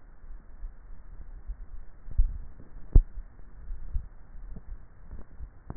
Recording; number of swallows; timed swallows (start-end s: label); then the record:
swallowing sounds by neck microphone; 2
2.08-3.70 s: swallow
4.02-4.68 s: swallow
From the record:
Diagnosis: dysphagia